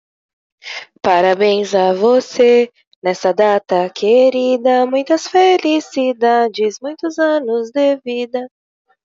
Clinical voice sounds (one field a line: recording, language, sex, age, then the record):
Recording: short text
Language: Brazilian Portuguese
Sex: female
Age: 30 to 39 years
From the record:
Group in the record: control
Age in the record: 35 years